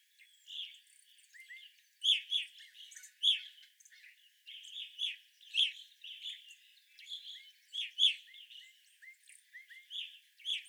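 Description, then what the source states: Evening grosbeaks chirping, frequent loud clear notes with quieter chatter and small rising whistles between. Evening grosbeaks, 25 April 2021.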